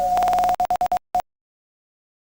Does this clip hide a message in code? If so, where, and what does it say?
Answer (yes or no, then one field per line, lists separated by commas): no